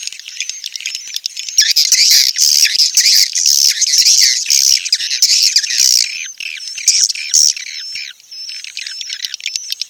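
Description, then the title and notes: Swiftlet twittering, loud dense chattering in the middle, then thinning to scattered thin chirps. Swiftlet sounds used for swiftlet farming in Asia. "Swiflet Bird Sound. Farming Swiflet Bird asia sound"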